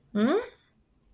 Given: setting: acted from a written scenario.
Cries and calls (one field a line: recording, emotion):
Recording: vocal sound without words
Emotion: confusion